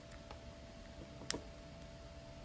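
The wiring plug of an aftermarket GritShift Blinder Light headlight is pushed into the stock headlight connector on a Sur Ron motorcycle. A faint tick comes at 0.3 s, then a single sharp click at 1.3 s as the plug seats, over a steady low hum. The connector is seated.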